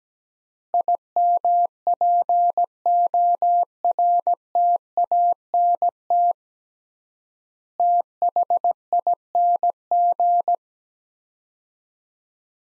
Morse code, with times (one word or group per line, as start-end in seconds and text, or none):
0.7-6.3 IMPORTANT
7.8-10.5 THING